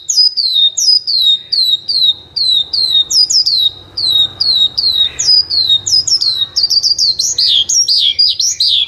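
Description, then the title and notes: Bird song: a steady series of high downslurred whistled notes about twice a second, ending in a rapid burst of mixed squeaky phrases. Bird song for training pet birds. "Suara Burung. Suara Kicauan Burung untuk memaster burung kesayangan"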